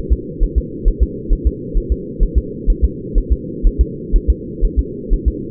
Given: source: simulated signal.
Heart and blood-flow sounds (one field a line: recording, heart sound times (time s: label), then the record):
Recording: fetal heart sounds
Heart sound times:
0.13 s: S2
0.43 s: S1
0.58 s: S2
0.88 s: S1
1.03 s: S2
1.33 s: S1
1.47 s: S2
1.77 s: S1
1.92 s: S2
2.23 s: S1
2.38 s: S2
2.70 s: S1
2.84 s: S2
3.18 s: S1
3.32 s: S2
3.67 s: S1
3.81 s: S2
4.16 s: S1
4.30 s: S2
4.65 s: S1
4.79 s: S2
5.14 s: S1
5.28 s: S2
From the record:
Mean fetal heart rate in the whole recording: 130 bpm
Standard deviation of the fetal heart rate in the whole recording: 4 bpm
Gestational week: 38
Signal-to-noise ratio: -4.1 dB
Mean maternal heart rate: no maternal heart sound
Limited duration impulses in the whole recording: absent